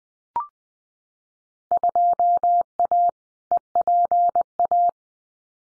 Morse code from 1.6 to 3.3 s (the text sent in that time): 2A